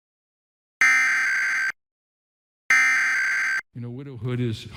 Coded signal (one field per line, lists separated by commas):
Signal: Emergency Alert System (SAME) tones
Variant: header bursts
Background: speech